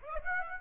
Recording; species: mosquito wingbeat signal from an infrared sensor; Aedes aegypti